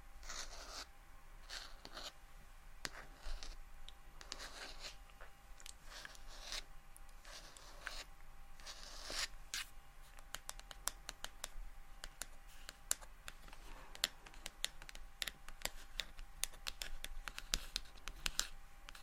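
Soft tapping and scratching close by, with light irregular clicks and brushing strokes that grow quicker and denser after the halfway mark, over a faint steady hum.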